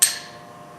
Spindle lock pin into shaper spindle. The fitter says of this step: this pin shoots out and locks into the spindle and then it won't rotate when